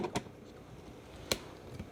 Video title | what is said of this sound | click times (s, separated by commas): Olympus E-M1X Walkthrough | right and you'll turn it until it clicks so you know it's seated | 1.3 s